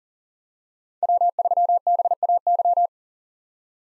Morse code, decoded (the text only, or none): W3BAY